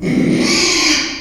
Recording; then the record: squeal of a Yucatan mini pig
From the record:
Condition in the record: after surgery on the right vocal fold (resection and tissue-engineered implant); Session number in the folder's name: 2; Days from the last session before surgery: 13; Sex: male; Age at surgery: 12 weeks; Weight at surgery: 13 kg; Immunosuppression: cyclosporine, prednisolone